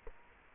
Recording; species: mosquito wingbeat signal from an infrared sensor; Culex quinquefasciatus